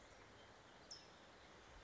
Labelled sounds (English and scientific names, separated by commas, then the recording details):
California Towhee (Melozone crissalis)
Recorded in Sonoma County, California